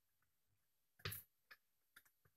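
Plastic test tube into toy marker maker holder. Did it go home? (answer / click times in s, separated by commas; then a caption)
no / none. A plastic test tube is twisted into the holder of a toy marker maker, with faint ticks early on and a louder plastic rattling scrape around 1.0–1.3 s. Sharp light clicks follow near 1.5, 2.0 and 2.3 s. The tube is still being handled and has not yet snapped in or seated.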